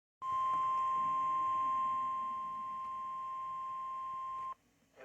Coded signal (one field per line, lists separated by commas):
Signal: Emergency Alert System (SAME) tones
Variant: 1050 Hz attention tone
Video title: EAS Alert #134. Flash Flood Warning.